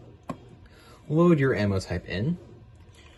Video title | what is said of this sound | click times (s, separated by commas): Nerf Courtier Assembly and Operation | until it clicks like so | 0.3 s